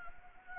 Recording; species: mosquito wingbeat signal from an infrared sensor; Anopheles gambiae